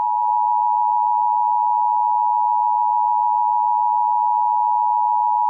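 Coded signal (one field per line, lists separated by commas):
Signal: Emergency Alert System (SAME) tones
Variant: 853 and 960 Hz attention tone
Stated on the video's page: Fictional mock EAS alert featuring an invented character.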